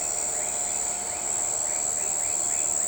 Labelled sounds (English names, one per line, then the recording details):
none
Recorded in shrubland near Pivijay, Magdalena, Colombia, on 13 April 2023 at 03:30
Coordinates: 10.453, -74.365
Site P5-G022